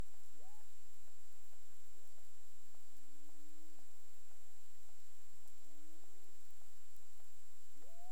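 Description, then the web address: Cetacean sounds: low tonal moans and upswept whistles rising and falling, with faint regular clicks and a steady high electronic hum underneath. Recorded near Bermuda on 17 April 2021 at 23:59, labelled as clicks. "CARIMAM. BERMUDE 23 h 59 clic"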